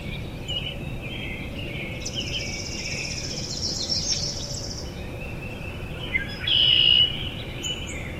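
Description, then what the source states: Redwing calling among mixed chirps and a high buzzy sound, with a loud, level whistled note near the end, over steady low background noise. 13 May 2010.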